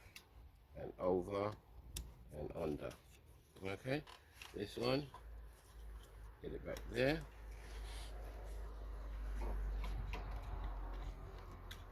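A fuel line quick connector is moved back into place and lined up on the fuel filter outlet before being pressed home. Someone talks over light handling noises, with a few soft taps near 9.8 and 10.1 seconds. Nothing has seated or clicked yet.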